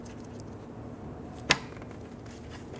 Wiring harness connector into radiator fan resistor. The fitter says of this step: push down until you hear a click if you don't hear a click give it a pull make sure it's locked on